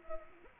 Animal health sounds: mosquito wingbeat signal from an infrared sensor; Anopheles arabiensis

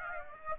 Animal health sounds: mosquito wingbeat signal from an infrared sensor; Aedes aegypti

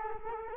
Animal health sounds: mosquito wingbeat signal from an infrared sensor; Culex quinquefasciatus

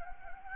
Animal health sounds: mosquito wingbeat signal from an infrared sensor; Anopheles gambiae

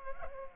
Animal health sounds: mosquito wingbeat signal from an infrared sensor; Culex pipiens

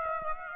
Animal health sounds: mosquito wingbeat signal from an infrared sensor; Aedes aegypti

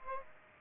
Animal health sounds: mosquito wingbeat signal from an infrared sensor; Aedes aegypti

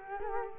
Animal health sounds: mosquito wingbeat signal from an infrared sensor; Culex quinquefasciatus

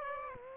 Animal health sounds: mosquito wingbeat signal from an infrared sensor; Aedes aegypti

